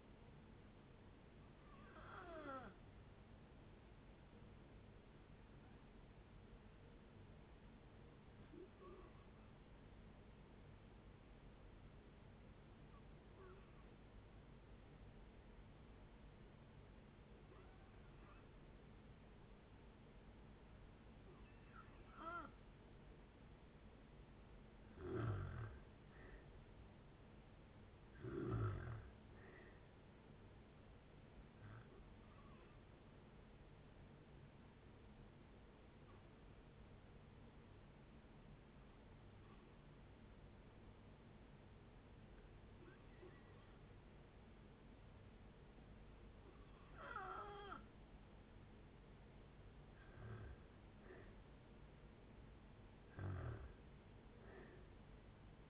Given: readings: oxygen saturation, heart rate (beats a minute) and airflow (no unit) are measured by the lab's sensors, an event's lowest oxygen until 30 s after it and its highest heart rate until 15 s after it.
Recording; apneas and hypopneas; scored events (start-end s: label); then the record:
breathing in sleep by a voice recorder at the bedside; 2
3.00-25.00 s: hypopnea (N2, oxygen 94% highest, then 86% lowest, heart rate 71 at the start, 71 highest)
33.00-50.60 s: hypopnea (N2, oxygen 94% highest, then 85% lowest, heart rate 67 at the start, 71 highest)
39.00-55.70 s: new sleep stage, N1 (lightest sleep)
From the record:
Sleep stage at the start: N2 (light sleep); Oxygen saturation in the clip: 85 to 94%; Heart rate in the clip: 55 to 71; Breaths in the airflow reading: 12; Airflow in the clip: -5.9 to 7.4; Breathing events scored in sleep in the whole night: 496 in 5.4 hours asleep